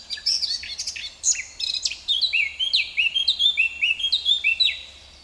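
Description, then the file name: Eurasian blackcap song: rapid chattering notes that settle into a steady series of bright whistled notes. "Sylvia atricapilla"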